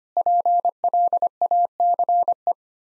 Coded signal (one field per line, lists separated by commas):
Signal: Morse code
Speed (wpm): 25 wpm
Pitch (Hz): 700 Hz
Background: none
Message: PLACE